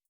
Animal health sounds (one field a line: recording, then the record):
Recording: hydrophone in a shrimp aquaculture tank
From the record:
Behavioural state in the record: starved